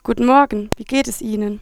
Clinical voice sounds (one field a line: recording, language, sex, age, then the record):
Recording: spoken sentence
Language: German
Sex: female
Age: 20 to 29 years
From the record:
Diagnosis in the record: hyperfunctional dysphonia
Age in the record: 24 years